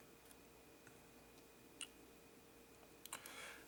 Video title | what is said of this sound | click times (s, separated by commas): HP 620 Laptop Keyboard Replacement | Now the cable is locked into place. | 1.8 s, 3.1 s